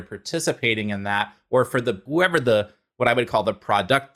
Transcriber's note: none